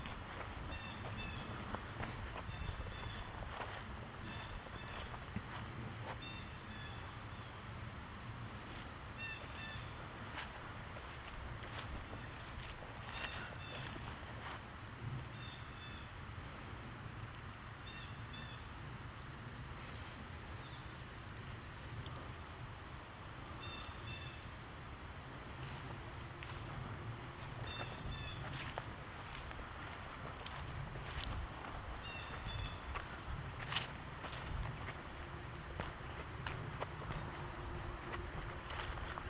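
A walk in Michaux State Forest, under a steady low rumble like wind that holds all the way through. Short, high chirps come every few seconds, and sharp brief ticks and scuffs, possibly steps, recur throughout at a fairly even level.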